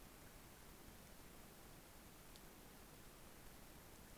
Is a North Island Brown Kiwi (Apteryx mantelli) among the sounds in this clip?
no